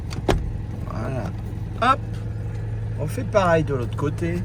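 On a 1988 2CV, a small retaining clip that holds the folding soft top to the car body is unclipped. A sharp click at 0.3 s marks the clip letting go, and someone talks afterward over a steady low hum.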